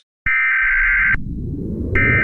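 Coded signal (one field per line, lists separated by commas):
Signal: Emergency Alert System (SAME) tones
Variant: header bursts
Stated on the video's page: Teaser for a fictional EAS scenario.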